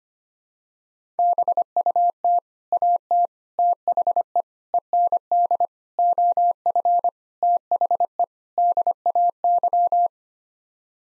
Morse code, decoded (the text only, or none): BUT AT THE END OF THE DAY